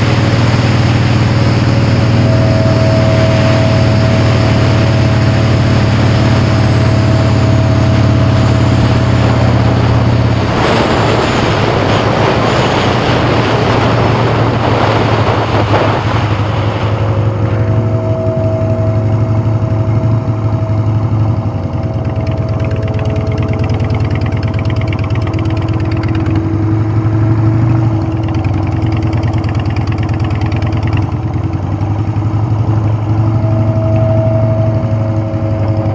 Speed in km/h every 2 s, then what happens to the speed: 76, 76, 76, 69, 68, 58, 47, 31, 15, 13, 10, 11, 11, 8, 10, 5, 0, 3.
0-19 slows to 10. 19-24 steady at about 11. 24-32 slows to 0.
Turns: 19-30.